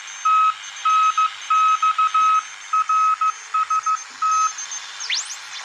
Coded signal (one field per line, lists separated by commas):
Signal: Morse code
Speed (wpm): 15 wpm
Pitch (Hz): 1280 Hz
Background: radio noise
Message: TNX RST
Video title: How to make Direct conversion Radio receiver | എന്താണ് ഡയറക്റ്റ് കൺവെർഷൻ റേഡിയോ | Ham radio making